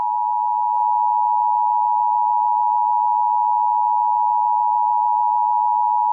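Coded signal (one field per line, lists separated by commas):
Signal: Emergency Alert System (SAME) tones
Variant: 853 and 960 Hz attention tone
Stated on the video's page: Fictional EAS scenario, simulated rather than a real alert.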